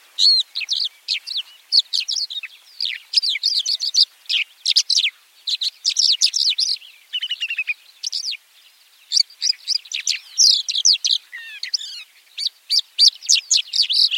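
White-winged lark giving long, nearly continuous jingling twitters of high chirps and trills, broken by a few short gaps and one lower, smoother phrase.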